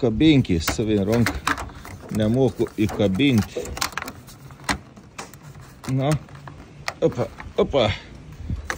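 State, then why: Seated. During a roof window install, a flashing or trim piece is worked onto the roof window frame while someone talks, with several short knocks and taps along the way. A single sharp knock at 8.7 s marks the piece hooking into place, and it is seated.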